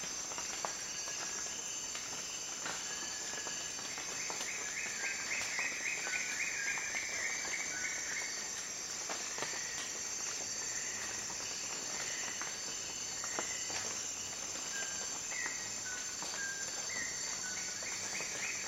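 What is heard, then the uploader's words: Heavy raindrops patter steadily on leaves all around, with sharp individual drops landing throughout. A constant high insect whine runs underneath, and birds call repeatedly, including a quick trilling series around the fifth to seventh seconds. Rainy morning in the jungle. The sound of a rainforest waking up on a rainy day. Heavy raindrops fall on leaves and vegetation all around.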